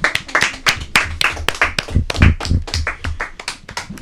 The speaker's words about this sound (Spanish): Un aplauso les damos, ¿no? ¿Qué les parece?